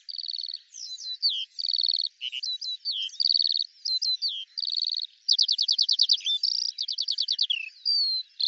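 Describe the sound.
Eurasian skylark song, varied and continuous: buzzy held notes alternating with twisting chirps, then rapid rattling trills and slurred whistles.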